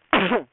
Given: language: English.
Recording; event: throat vibration sensor signal played as sound; cough